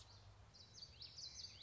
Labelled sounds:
Common Yellowthroat
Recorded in Sonoma County, California

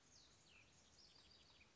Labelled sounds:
Cassin's Vireo
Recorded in Sonoma County, California

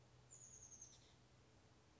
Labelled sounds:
Oak Titmouse
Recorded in Sonoma County, California

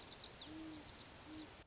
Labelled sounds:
Great Horned Owl
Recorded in Sonoma County, California

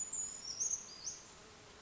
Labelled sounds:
Western Flycatcher
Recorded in Sonoma County, California

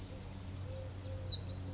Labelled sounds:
Eurasian Collared Dove
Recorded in Sonoma County, California

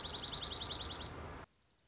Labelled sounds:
Dark-eyed Junco
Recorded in Sonoma County, California

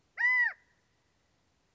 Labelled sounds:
California Quail
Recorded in Sonoma County, California

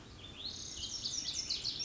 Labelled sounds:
Lazuli Bunting
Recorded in Sonoma County, California

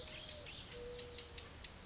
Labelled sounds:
Mourning Dove
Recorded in Sonoma County, California

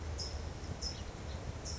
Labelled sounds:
California Towhee
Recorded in Sonoma County, California

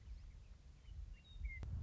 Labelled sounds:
Western Meadowlark
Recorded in Sonoma County, California

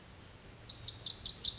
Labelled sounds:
Lazuli Bunting
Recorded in Sonoma County, California

